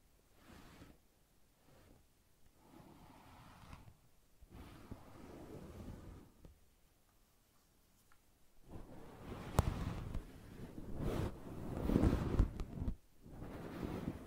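Brushing and scratching sounds come in soft, separate strokes, each lasting about a second or two with short pauses between. The first half is quiet and gentle; after about nine seconds the strokes grow louder and rougher, with a few sharp clicks near ten and twelve seconds.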